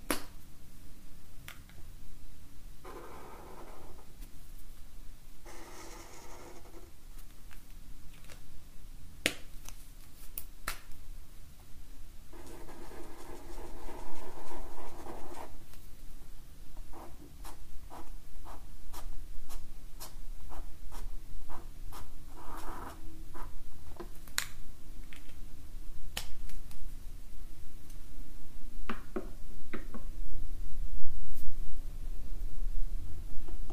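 Markers scratch and squeak across paper in bursts, with sharp taps and clicks scattered throughout over a low steady rumble.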